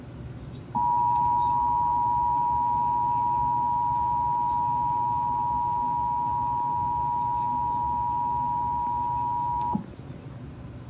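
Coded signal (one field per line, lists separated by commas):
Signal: Emergency Alert System (SAME) tones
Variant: 853 and 960 Hz attention tone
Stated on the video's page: Texas Required Monthly Test EAS alert.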